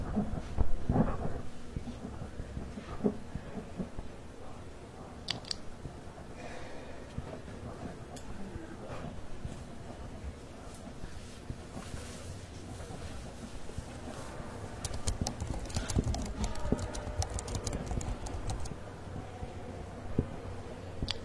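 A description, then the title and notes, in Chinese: Library ambience with a steady low hum under scattered small sounds: soft clicks and taps like typing, faint rustles of pages, and occasional scratching. Short bright clicks cluster more thickly in the second half, with a louder knock near the start. 公共图书馆沉浸式学习 图书馆环境音 打字声 写字翻书。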